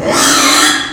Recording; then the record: squeal of a Yucatan mini pig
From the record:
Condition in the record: after surgery on the right vocal fold (resection and tissue-engineered implant); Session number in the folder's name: 3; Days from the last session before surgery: 33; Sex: male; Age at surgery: 12 weeks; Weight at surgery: 13 kg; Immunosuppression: cyclosporine, prednisolone